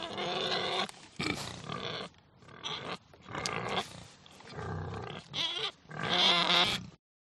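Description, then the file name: Pig giving a series of harsh, screaming squeals with brief pauses between them. "audio hero Pig"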